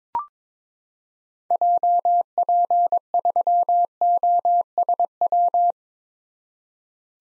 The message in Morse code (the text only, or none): JP3OSW